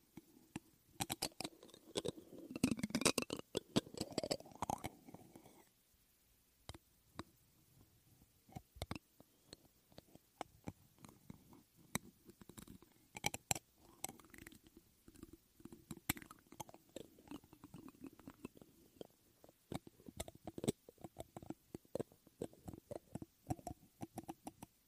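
Scratching and brushing against a foam microphone cover, with no talking. A dense burst of rough rubbing fills the first five seconds, then sparser scratches, clicks and short scrapes continue irregularly, with louder flurries around 13 and 16 seconds.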